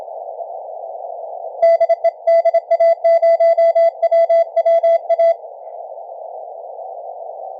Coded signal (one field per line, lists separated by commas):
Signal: Morse code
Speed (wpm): 26 wpm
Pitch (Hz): 660 Hz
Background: none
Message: DE DA0WWA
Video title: 20 mtrs Da0WWA CW